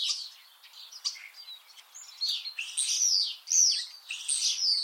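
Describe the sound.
Common starling harsh calls: scratchy, hissing screeches and buzzy notes, louder toward the end, with a few short clicks in between.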